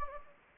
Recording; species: mosquito wingbeat signal from an infrared sensor; Anopheles gambiae